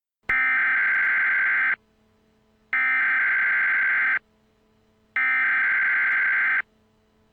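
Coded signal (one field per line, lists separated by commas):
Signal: Emergency Alert System (SAME) tones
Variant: header bursts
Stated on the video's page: Fictional EAS broadcasts recreated for crossover episodes, with text-to-speech voices.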